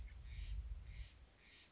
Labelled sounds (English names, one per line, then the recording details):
Steller's Jay
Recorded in Sonoma County, California